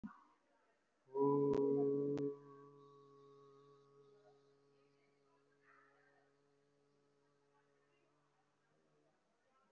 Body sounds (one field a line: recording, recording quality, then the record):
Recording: sustained vowel as in boot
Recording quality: moderate, slight background noise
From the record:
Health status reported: respiratory illness, not identified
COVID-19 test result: negative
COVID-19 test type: RT-PCR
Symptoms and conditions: cough, cold, breathing difficulty, fatigue, muscle pain, chronic lung disease, pneumonia, diabetes, another condition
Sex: male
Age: 55 years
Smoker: yes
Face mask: worn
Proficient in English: no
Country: India